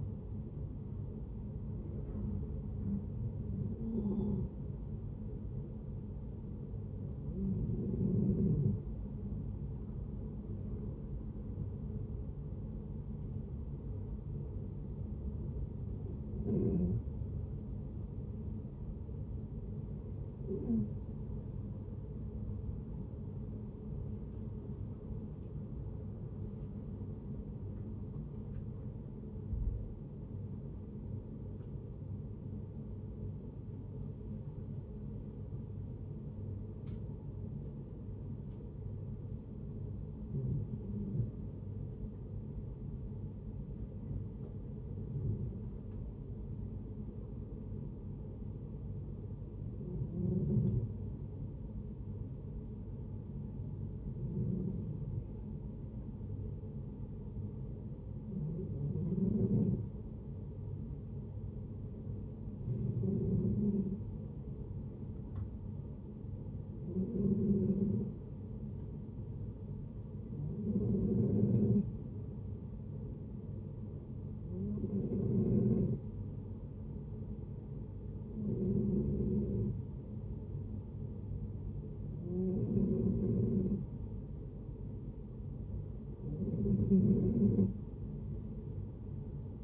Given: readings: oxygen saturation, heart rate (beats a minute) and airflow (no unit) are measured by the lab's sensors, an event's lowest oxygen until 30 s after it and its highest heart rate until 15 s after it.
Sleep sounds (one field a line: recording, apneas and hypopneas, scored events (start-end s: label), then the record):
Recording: breathing in sleep by a smartphone at the bedside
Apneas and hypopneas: 2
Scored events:
3.00-20.30 s: hypopnea (N2, oxygen 94% highest, then 85% lowest, heart rate 69 at the start, 76 highest)
27.00-57.00 s: new sleep stage, N1 (lightest sleep)
40.00-57.80 s: hypopnea (N1, oxygen 95% highest, then 90% lowest, heart rate 66 at the start, 69 highest)
57.00-89.63 s: new sleep stage, N2 (light sleep)
From the record:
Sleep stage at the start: N2 (light sleep)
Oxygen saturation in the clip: 85 to 95%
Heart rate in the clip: 60 to 76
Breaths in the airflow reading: 22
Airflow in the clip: -8.2 to 8.6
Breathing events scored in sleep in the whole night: 496 in 5.4 hours asleep